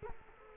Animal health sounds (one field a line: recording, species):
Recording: mosquito wingbeat signal from an infrared sensor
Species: Culex quinquefasciatus